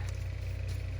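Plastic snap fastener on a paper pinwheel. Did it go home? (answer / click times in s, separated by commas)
no / none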